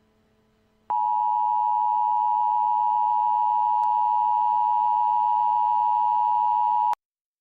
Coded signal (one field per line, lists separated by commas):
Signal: Emergency Alert System (SAME) tones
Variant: 853 and 960 Hz attention tone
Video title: Arrowverse EAS 4: Death of Earth-90